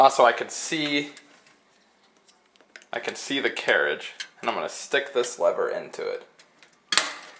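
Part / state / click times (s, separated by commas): toaster lever into the bread carriage / seated / 6.9 s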